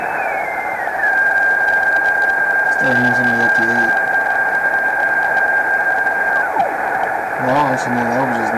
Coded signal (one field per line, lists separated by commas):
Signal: PSK31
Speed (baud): 31.25 baud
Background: speech, radio noise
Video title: 40M Rtty Fun and other digital modes